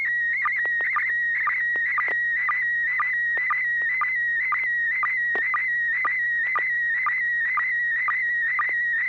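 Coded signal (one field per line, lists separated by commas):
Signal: SSTV (slow-scan television)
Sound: steady warbling tone around 2 kHz with short low blips twice a second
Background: FM radio hiss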